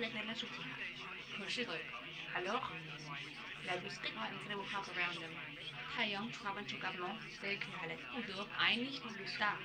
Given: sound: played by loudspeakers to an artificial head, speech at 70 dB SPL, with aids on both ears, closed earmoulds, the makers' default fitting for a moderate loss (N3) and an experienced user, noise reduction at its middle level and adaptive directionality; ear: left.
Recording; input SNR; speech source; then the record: speech test signal (ISTS) in cocktail-party noise; +6 dB; on the right (90 degrees)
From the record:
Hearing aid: class 2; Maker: F